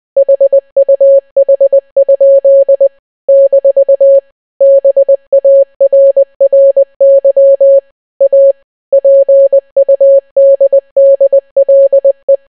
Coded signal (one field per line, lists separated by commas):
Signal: Morse code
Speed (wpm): 20 wpm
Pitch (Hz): 550 Hz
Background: none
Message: HUH? - BARRY A PUDDLE